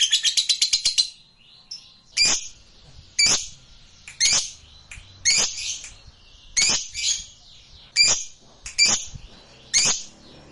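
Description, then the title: Lovebird with a brief burst of fast chatter, then a series of sharp, shrill chirps. Fighter-type lovebird, singing energetically (gacor). "SUARA Lovebird FIGHTER GACOR"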